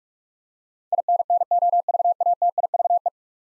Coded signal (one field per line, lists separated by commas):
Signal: Morse code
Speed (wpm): 46 wpm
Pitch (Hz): 700 Hz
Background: none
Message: INNOVATIVE